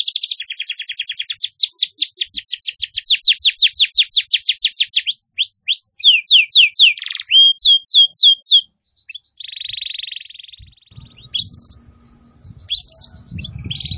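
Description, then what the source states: Atlantic canary song with long rapid trills of sweeping notes, then a pause and softer buzzy phrases over a faint low rumble. Song used as a lure to attract birds.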